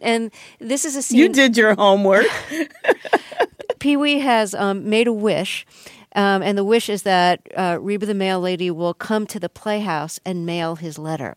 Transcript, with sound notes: And this is a scene...
You did your homework (laughter).
Pee-wee has made a wish. And the wish is that Reba the mail lady will come to the playhouse and mail his letter.